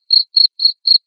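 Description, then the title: Cricket chirp, short high-pitched pulses in quick even succession. Loud cricket chirping played to make lovebirds sing continuously. "Suara JANGKRIK NGERIK Keras Bikin LOVEBIRD Jadi NGEKEK Terus Vubey"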